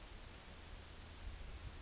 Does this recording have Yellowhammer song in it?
no